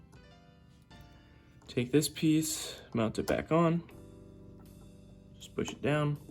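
A plastic truck/drive piece is handled and mounted back onto the frame of a 1970s Athearn Blue Box EMD FP45 HO model locomotive while someone talks over background music. The piece is pushed down, but nothing has seated or clicked yet.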